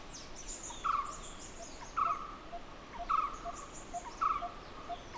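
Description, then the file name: Barbet calls: hollow hooting notes repeated at about one per second, with high, thin twitters from other birds above and a constant hiss. "Barbets Grey Wag"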